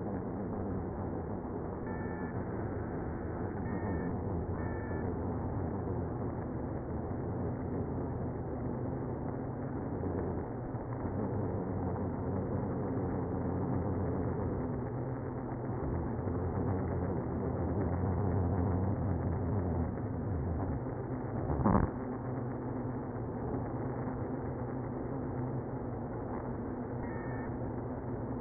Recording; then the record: honeybee colony, microphone inside the hive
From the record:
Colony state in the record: queenless (queen removed); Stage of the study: after two queens were removed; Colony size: about 60,000 bees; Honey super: yes